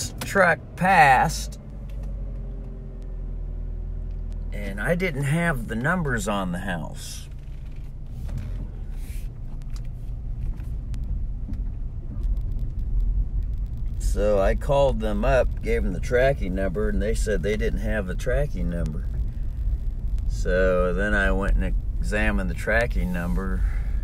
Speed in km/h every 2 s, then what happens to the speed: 0, 0, 0, 0, 0, 0, 5, 6, 7, 7, 7, 7.
0-11 standing. 11-24 steady at about 7.